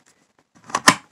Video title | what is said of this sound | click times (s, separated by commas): First Time Using My New WEN 16" Cordless Electric Chainsaw - Ann's Tiny Life | like this snaps into place all you got to do to get it out is | 0.8 s, 0.9 s